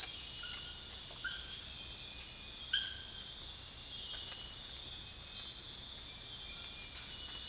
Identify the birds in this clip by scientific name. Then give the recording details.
none. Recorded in secondary vegetation near Puerto Asís, Putumayo, Colombia, on 18 February 2024 at 05:00. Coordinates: 0.481, -76.323. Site G6376